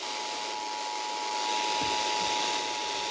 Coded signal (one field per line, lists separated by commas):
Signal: Emergency Alert System (SAME) tones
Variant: 853 and 960 Hz attention tone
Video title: EAS Alerts From 11/8/25: A Compilation (EAS 1071-1078)